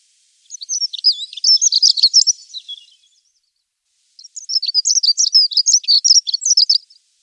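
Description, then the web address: Bird singing two high, rapid twittering phrases of varied chirps and trills, each about two and a half seconds long, separated by a short silence. "voegel stimmen"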